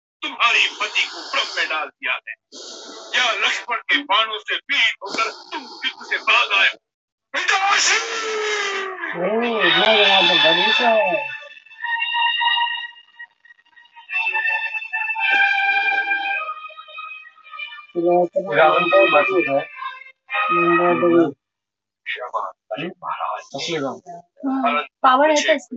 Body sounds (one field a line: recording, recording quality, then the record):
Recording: deep breathing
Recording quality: moderate, slight background noise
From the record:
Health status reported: healthy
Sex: female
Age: 22 years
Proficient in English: yes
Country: India